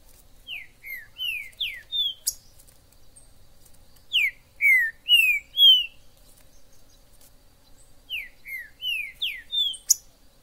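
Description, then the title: Green-winged saltator song repeated three times, each phrase a few rich slurred whistles, with faint high twitters between. Trinca-ferro 'Major' in the forest, chirping, singing and 'macheando' (acting male) in a dispute; video meant to excite a pet trinca-ferro. "ESQUENTAR Seu TRINCA Piando, Cantando E Macheando Na DISPUTA. TRINCA FERRO no MATO. Trinca ferro MAJOR no MATO"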